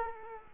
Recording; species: mosquito wingbeat signal from an infrared sensor; Culex quinquefasciatus